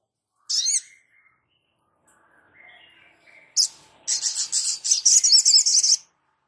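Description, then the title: Spiderhunter song: a sharp high chirp, a few faint thin whistles, then a quick run of high, buzzy twittering notes lasting about two seconds. Labaik song variant. "Sogok Ontong Labaik"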